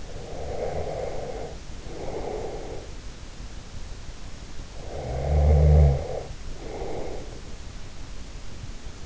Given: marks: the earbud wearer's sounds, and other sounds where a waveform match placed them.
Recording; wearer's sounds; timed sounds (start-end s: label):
sounds in sleep by an in-ear microphone; breath, snoring breath
0.00-2.94 s: breath
4.68-7.28 s: snoring breath